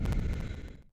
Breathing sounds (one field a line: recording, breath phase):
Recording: one breath near a microphone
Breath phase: exhalation